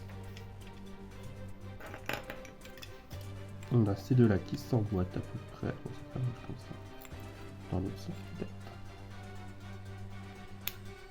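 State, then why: Not seated. Two plastic parts of an Optimus Prime model kit cannon are tried together the other way round while someone talks over a steady background hum, with a few light plastic taps and clinks. Nothing has seated or clicked yet, and the parts do not fit together at all.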